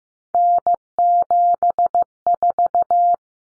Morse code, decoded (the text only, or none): N74